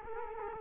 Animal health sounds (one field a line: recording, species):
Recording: mosquito wingbeat signal from an infrared sensor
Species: Culex quinquefasciatus